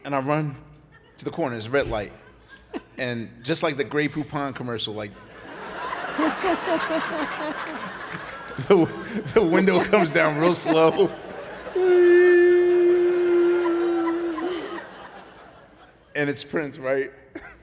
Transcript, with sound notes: And I run to the corner. It's a red light. And just like the Grey Poupon commercial, like...
(LAUGHTER)
The window comes down real slow. And it's Prince, right,